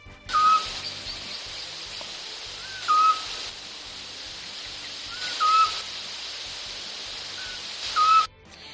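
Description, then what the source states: Eurasian scops owl song: a single short whistled hoot repeated steadily about every two and a half seconds over a constant background hiss. Characteristic song of this small nocturnal bird of prey; country lore says hearing it marks the start of the season of warm nights.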